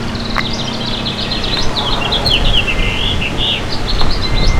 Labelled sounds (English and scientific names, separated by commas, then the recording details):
House Finch (Haemorhous mexicanus) song
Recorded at Moriches on Long Island, New York, on 22 June 2013
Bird B